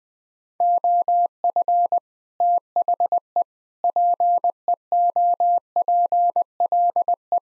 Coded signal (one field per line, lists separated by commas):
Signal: Morse code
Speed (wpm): 20 wpm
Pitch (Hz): 700 Hz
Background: none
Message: OF THE PEOPLE